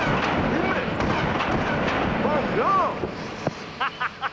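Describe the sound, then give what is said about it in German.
Three sharp gunshots, two of which hit their target, crack out in quick succession near the end, cutting through a steady rushing, windy background that also carries some faint warbling tones. “Drei Schuss, zwei Treffer.”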